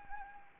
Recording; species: mosquito wingbeat signal from an infrared sensor; Anopheles arabiensis